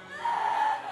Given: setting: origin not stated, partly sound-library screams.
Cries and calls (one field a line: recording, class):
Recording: one-second piece from a danger detection set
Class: woman in danger